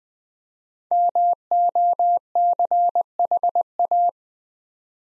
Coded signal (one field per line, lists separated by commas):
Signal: Morse code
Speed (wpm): 20 wpm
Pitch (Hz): 700 Hz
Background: none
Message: MOCHA